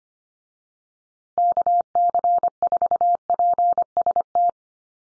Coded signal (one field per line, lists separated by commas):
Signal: Morse code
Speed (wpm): 25 wpm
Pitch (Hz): 700 Hz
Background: none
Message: KC4PST